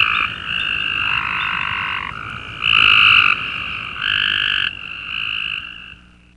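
Cope's gray treefrog chorus with overlapping harsh buzzy trills, each about a second long, two louder bursts near the middle, fading at the end.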